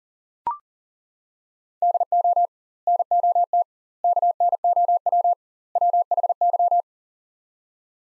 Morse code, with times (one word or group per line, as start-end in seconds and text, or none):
1.8-2.5 DO
2.9-3.6 NOT
4.0-5.3 KNOW
5.8-6.8 WHY